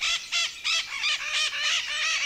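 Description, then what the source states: Parakeets giving harsh, grating squawks, about seven rapid screeches in quick succession, each burst loud and broad-toned, with no other clear sounds. Parakeets flying overhead at dawn on mountain trails in the Sierra Nevada, Colombia, during a bird-watching trip.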